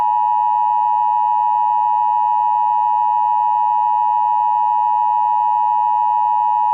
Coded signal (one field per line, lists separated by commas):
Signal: Emergency Alert System (SAME) tones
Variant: 853 and 960 Hz attention tone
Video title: EAS severe t'storm warning for ozark county MO.